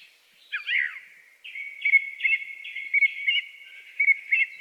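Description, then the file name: Song thrush delivering a quick twittering flourish, then one clear whistled phrase repeated several times. "song thrush bird melodic song"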